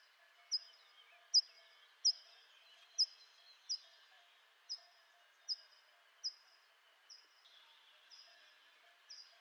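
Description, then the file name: Hawfinch giving sharp, clipped ticking calls in a steady series, the later calls quieter. "Grosbec cassenoyaux"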